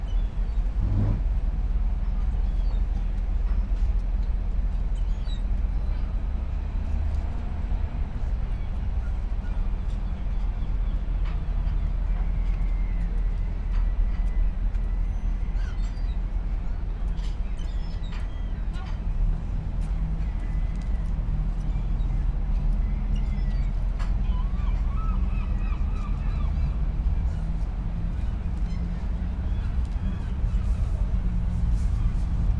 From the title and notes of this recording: Enjoying a quiet spring day on a pier in Bergen . The sun has barely begun to heat the city, so it is buzzing with people in the streets.